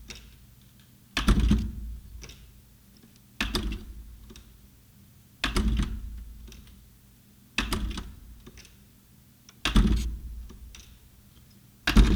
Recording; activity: daily activity, guitar pickup as the sensor; manipulate door